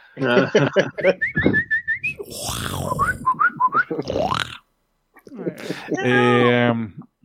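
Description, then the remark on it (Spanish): A voice imitates the call of a monstrous man-eating bird: warbling, whistle-like trills and a raspy hiss, then after a brief pause a loud, sustained, nasal squawk. “¿Cómo era el pájaro come hombres?”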